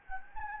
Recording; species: mosquito wingbeat signal from an infrared sensor; Anopheles gambiae